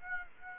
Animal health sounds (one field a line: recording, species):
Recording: mosquito wingbeat signal from an infrared sensor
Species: Aedes aegypti